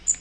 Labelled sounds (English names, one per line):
Magnolia Warbler flight call